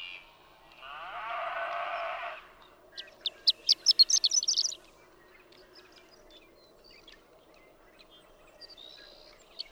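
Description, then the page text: Horned lark song, a few stuttered high notes that speed into a rapid slurred flourish, following a long lowing moo from cattle. Daytime intermittent singing, a few stuttered notes rising to a rapid slurred flourish, with cattle; Marble Hot Springs Road, Sierra Valley, California, 7 June 2001. "Horned lark. Daytime "intermittent singing," a few stuttered notes that rise to a rapid, slurred flourish, with cattle. June 7, 2001. Marble Hot Springs Road, Sierra Valley, California."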